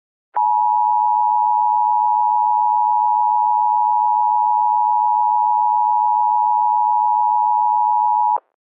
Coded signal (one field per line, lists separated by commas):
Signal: Emergency Alert System (SAME) tones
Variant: 853 and 960 Hz attention tone